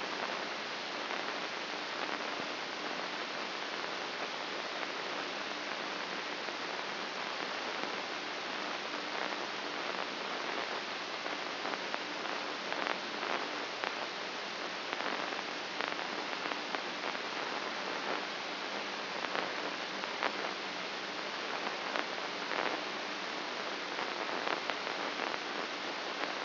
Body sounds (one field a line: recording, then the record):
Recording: brain microelectrode recording played as sound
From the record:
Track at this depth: inside the subthalamic nucleus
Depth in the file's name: 3.232 mm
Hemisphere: left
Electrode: 3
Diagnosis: Parkinson's disease